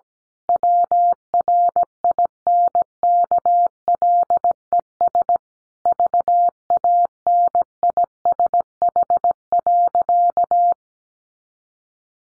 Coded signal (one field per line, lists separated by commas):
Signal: Morse code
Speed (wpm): 17 wpm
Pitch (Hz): 700 Hz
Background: none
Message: WRINKLES VANISH.